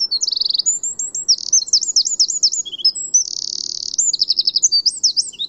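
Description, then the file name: Eurasian wren song, a loud rapid outpouring of high sharp trills and rattles alternating with quick twittering notes, running almost continuously throughout. "Troglodytes troglodytes"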